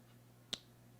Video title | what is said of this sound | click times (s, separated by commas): MKC Mini Speedgoat 2.0 Magnacut Knife Exposed - The Surprising Truth! | you can hear that little click uh that tells you your knife's in it's secure | 0.5 s